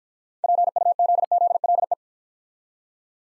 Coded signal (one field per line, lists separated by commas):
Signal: Morse code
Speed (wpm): 49 wpm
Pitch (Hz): 700 Hz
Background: none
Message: PUZZLE